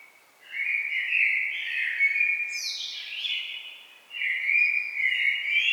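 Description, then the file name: Common blackbird singing a long, sweet warbled phrase with a sharp descending high note in the middle, then a second flowing phrase. "Turdus merula"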